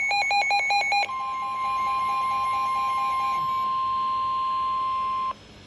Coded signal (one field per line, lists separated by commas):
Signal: Emergency Alert System (SAME) tones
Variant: 1050 Hz attention tone